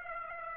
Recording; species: mosquito wingbeat signal from an infrared sensor; Aedes aegypti